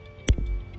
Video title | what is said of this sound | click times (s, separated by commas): Most Common Issues On the BMW 3 Series (E90 E91 E92 E93) | When you hear a click, that means it is ready to go on your windshield, | 0.3 s